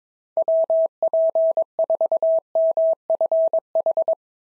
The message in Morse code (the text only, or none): WP4MFH